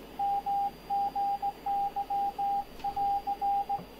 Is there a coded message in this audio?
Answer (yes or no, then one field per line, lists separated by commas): yes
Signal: Morse code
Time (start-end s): 0.2-3.8 s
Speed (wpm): 17 wpm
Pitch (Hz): 800 Hz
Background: radio noise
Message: MGY <AR>